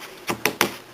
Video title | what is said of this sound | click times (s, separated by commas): cell phone window mount mold | popped into place | 0.5 s, 0.6 s